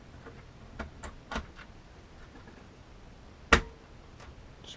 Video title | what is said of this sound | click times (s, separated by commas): Ares Ethos FPV Unboxing & Video Test | pops right in there | 3.5 s